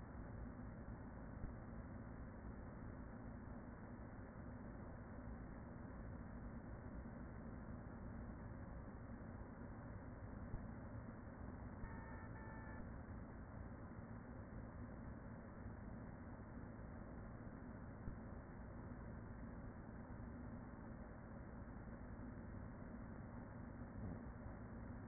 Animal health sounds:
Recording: honeybee colony, microphone inside the hive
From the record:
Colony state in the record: queen present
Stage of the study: after two queens were removed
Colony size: about 40,000 bees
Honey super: no

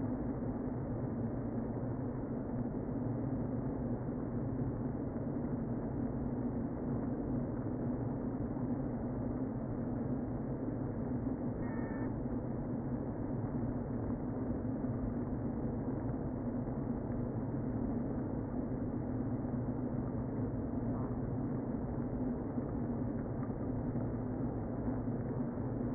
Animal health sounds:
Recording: honeybee colony, microphone inside the hive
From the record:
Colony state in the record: queen present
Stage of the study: before two queens were removed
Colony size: about 60,000 bees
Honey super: yes

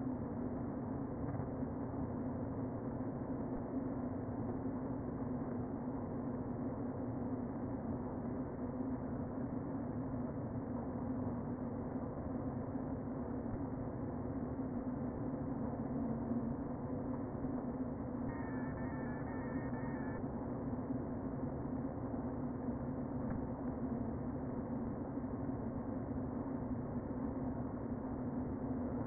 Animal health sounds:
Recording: honeybee colony, microphone inside the hive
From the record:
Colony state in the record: queen present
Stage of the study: before two queens were removed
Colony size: about 60,000 bees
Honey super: yes

